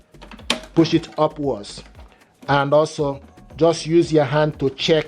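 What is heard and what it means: A tri-color ink cartridge is inserted and pushed upwards into the carriage of an HP Deskjet 2710e/2700e series inkjet printer, giving a sharp click at 0.5 s as it seats. Someone talks through the rest of the clip.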